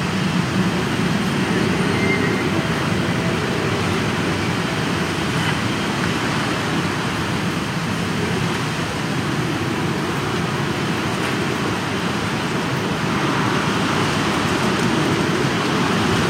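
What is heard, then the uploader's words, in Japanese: Strong wind blows in a steady, dense roar, with a heavy low rumble that sounds much like passing traffic. The level barely changes across the sixteen seconds, with only slight surges in the buffeting and a faint hiss above. とある梅雨入りの強風。風のものすごく強い日がありましたね。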